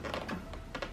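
The end socket of the second genuine Ford bonnet gas strut on a Focus RS is lined up with the ball stud on the bonnet/body and pushed on, a compression fit meant to pop into place. Several short clicky knocks sound through the second, and the socket pops onto the ball stud with a sharp click at 0.8 s. The strut end is confirmed seated, pushing right on.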